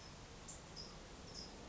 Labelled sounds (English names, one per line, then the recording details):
California Towhee
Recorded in Sonoma County, California